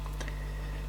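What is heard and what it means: While reassembling an old audio cassette, a plastic part is pressed into the plastic cassette shell: a soft tap and a brighter knock come first, then a sharp short click at 0.3 s over a steady low hum. The part clicks in but still sits slightly out, and it is accepted as good enough.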